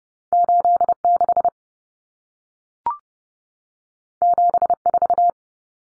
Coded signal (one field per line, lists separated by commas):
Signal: Morse code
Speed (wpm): 30 wpm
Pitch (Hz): 700 Hz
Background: none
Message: 86 74